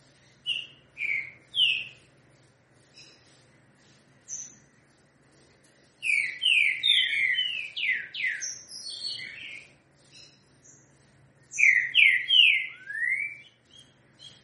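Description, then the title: Green-winged saltator with scattered whistled notes, then a dense rush of varied whistles and high chips, later a short phrase ending in a rising whistle. Song in the style called 'três notas com boi' (three notes with boi). "Canto De Trinca Ferro. TRINCA=FERRO 3 NOTAS COM BOI"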